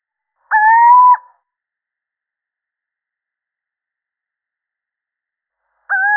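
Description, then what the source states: Little owl hooting: one smooth, slightly upslurred mellow note, then a long silence before the next hoot begins about five seconds later, cut off at the end. Male.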